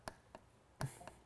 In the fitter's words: click and then we're good to go so next we're gonna take our five millimeter t-handle we're